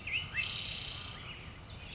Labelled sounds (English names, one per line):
Chestnut-backed Chickadee